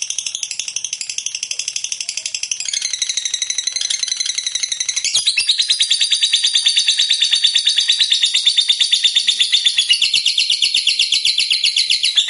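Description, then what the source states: Lovebird chattering song, rapid high twittering trill that shifts pitch partway and swells louder midway, continuing without a break. Lovebird described as a fighter type and gacor (actively singing).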